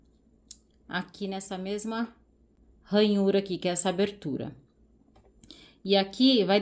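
A buttonhole presser foot is fitted into the groove under the presser-foot holder of a Singer SE9185 sewing machine after the standard foot is removed, and it snaps into place with a sharp, short click at 0.5 s. Someone talks throughout, with a few faint ticks around 5.2–5.5 s. The foot is seated.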